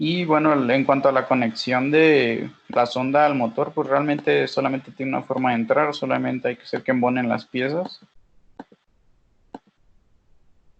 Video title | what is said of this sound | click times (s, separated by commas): USO CLÍNICO DE IMAGEN INTRACORONARIA: CONSENSO DE EXPERTOS EAPCI | Y también hace un clic, ¿no? | 8.6 s, 9.5 s